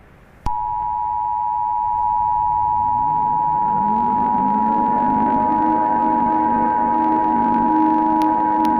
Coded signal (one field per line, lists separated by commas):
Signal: Emergency Alert System (SAME) tones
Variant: 853 and 960 Hz attention tone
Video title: Friday the 13th: The EAS Scenario (#90)